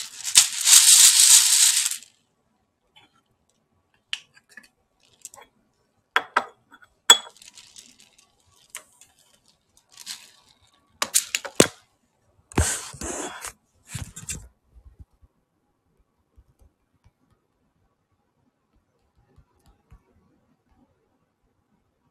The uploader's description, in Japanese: キッチン周りのお片付け